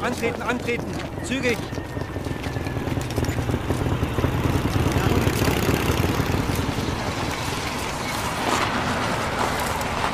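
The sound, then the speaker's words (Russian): A motorcycle with a sidecar and a German car rumble along a village road toward a bridge, their engines building slightly in loudness before leveling off, with indistinct voices murmuring underneath. “По деревенской дороге к мосту приближается мотоцикл с коляской и легковой немецкий автомобиль.”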